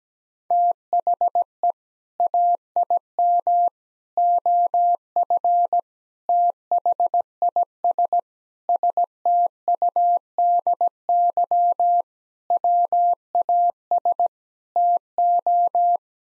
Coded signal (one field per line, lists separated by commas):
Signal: Morse code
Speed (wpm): 17 wpm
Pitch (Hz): 700 Hz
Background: none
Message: THE AIM OF THIS STUDY WAS TO